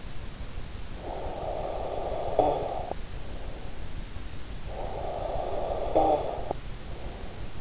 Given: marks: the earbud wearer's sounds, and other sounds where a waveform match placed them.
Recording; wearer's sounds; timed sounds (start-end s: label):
sounds in sleep by an in-ear microphone; snoring breath
0.95-3.69 s: snoring breath
4.49-7.61 s: snoring breath